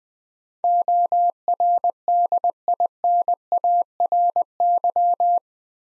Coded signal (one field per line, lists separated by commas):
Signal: Morse code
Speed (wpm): 20 wpm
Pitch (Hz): 700 Hz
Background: none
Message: ORDINARY